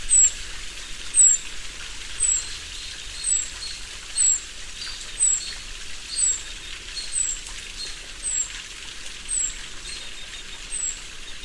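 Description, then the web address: White-tailed hillstar giving a steady series of sharp, very high, thin notes, about one per second, over constant rain-like hiss. Recorded in Ecuador. "Birds of Ecuador. White-tailed Hillstar"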